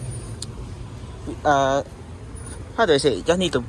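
The tailgate release button below the rear Renault emblem of a fourth-generation Renault Grand Scenic diesel MPV (2017–2022) is pressed, and the boot latch in the rear hatch releases with a single sharp click at 0.4 s. Someone talks afterward as the tailgate is ready to be lifted, and the latch is released.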